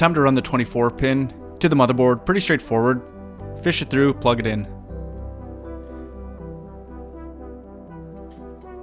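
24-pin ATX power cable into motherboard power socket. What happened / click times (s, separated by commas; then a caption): The power connector is being handled but has not clicked home yet / none. A 24-pin ATX power cable is being fished through the case toward the motherboard power socket while someone talks over steady background music with brass tones. The cable has not yet been pushed home, and nothing has seated or clicked yet.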